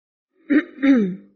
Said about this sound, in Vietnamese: Trĩ Chiêu ho khan một tiếng, cười mà không nói.